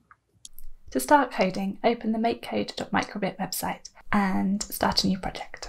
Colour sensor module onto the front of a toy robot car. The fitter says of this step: has a colour sensor on the front to detect the colours and it just snaps into place with these magnets to